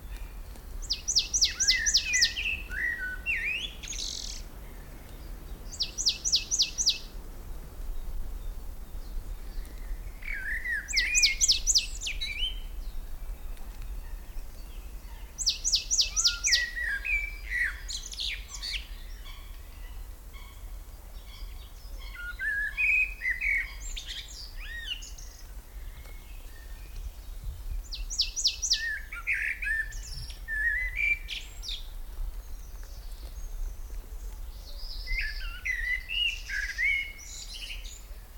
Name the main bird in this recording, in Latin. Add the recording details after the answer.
Turdus merula. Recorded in the wild. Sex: male. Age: adult. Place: Lychen, Brandenburg, DE. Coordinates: 53.21, 13.32. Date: 1995-04-22 17:49. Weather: heiter, 23°C, böiger Wind. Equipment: Marantz CP 430, Sennheiser ME 80, Kopie Uher 4000 Report Monitor. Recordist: Tembrock, Günter